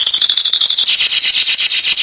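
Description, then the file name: Canary song: high buzzy trill turning into rapid, evenly repeated descending slurred notes. "canto do canario giboso espanhol"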